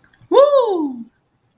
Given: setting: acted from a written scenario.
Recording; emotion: vocal sound without words; pride